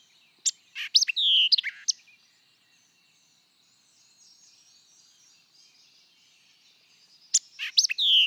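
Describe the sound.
White-eyed vireo singing a quick, emphatic phrase of crisp chips and a slurred descending note, then starting the phrase again after a pause.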